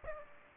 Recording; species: mosquito wingbeat signal from an infrared sensor; Aedes aegypti